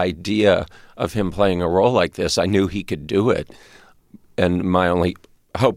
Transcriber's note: none